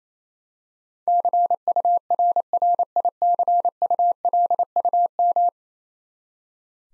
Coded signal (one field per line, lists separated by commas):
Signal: Morse code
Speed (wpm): 28 wpm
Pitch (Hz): 700 Hz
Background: none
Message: CURRICULUM